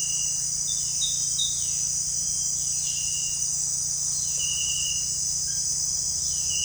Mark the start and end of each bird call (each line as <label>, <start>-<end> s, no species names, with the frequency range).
bird call (1.9-4.5 kHz), 0.56-1.96 s